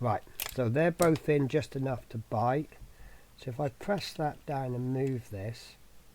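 Someone talks while handling the plastic glovebox part on a 1:12 scale model truck dashboard, pressing it down and moving it toward its latch. Nothing has seated or clicked yet.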